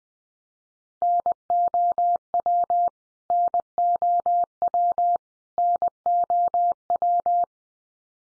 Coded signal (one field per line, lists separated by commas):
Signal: Morse code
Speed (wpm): 20 wpm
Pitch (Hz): 700 Hz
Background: none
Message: NOW NOW NOW